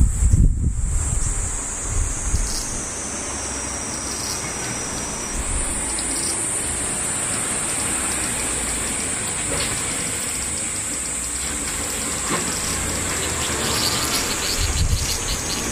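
Cicadas drone in one steady, shrill, high-pitched band throughout, with low rumbling bursts near the start and again near the end.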